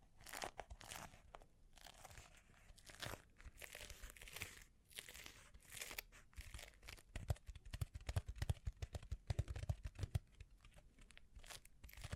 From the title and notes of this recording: ASMR Sleep Inducing Bling Bling Triggers (No Talking).